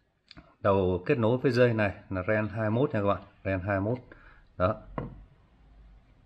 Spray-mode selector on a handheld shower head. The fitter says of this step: những cái chế độ mà nó được thiết kế được thì về chúng ta khi chuyển trường của chúng ta phải nghe tiếng kêu cách như vậy thì